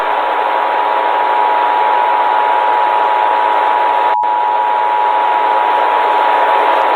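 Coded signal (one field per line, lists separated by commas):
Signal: Emergency Alert System (SAME) tones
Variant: 853 and 960 Hz attention tone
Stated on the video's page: Fictional EAS scenario in analog horror style using valid EAS tones.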